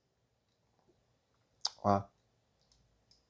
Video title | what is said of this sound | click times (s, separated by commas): ODIN SEIYA - Cloth Myth EX- CS Model Unboxing Review Comparativo! | Não encaixa aqui de jeito nenhum. | none